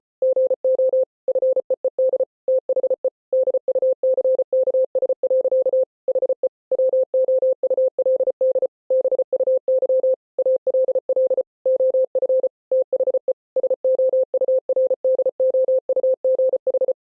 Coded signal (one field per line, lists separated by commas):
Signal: Morse code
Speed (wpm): 33 wpm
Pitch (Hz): 520 Hz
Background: none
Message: GO FEED THE DUCKS. HE WOULD BUY ALL OF THE SOURDOUGH